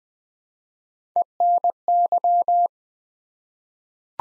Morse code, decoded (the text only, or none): ENY